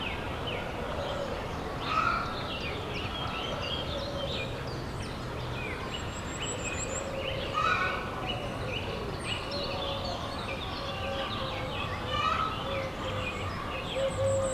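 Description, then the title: Chickens clucking and cackling in a constant crowded chatter, several sharper squawks standing out, with faint high whistles over background hiss. Henhouse of the Abbaye Sainte-Marie du Désert, Bellegarde-Sainte-Marie, France; recorded with a Zoom H6 using an MS microphone. "35 Chem. de Saint-Bernard, 31530 Bellegarde-Sainte-Marie, France - the henhouse of the abbey. abbaye sainte marie du désert le poulailler"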